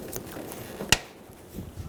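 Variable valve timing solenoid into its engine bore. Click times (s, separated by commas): 0.9 s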